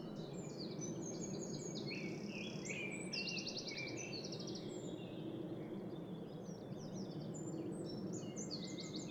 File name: Troglodytes troglodytes